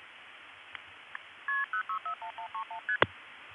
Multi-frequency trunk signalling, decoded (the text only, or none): KP061131ST